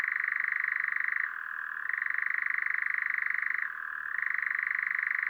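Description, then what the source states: European Nightjar song, an unbroken dry churr of rapid pulses, twice sliding briefly to a lower pitch and growing softer before climbing back. Newly arrived from Africa, perched on a Scots pine facing south among near-flowering broom; evening, 8 May 2020, Drôme, France; nocturnal species; Nagra LB recorder, MKH40 stereo.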